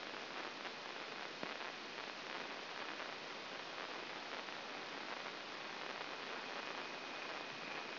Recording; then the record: brain microelectrode recording played as sound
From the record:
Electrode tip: outside the subthalamic nucleus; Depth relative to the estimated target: -3.5 mm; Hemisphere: left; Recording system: AlphaMap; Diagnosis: Parkinson's disease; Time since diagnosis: 9 years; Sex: male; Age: 53 years